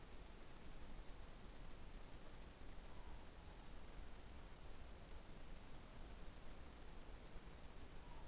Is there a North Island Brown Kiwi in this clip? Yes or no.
no